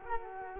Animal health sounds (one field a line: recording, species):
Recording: mosquito wingbeat signal from an infrared sensor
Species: Culex quinquefasciatus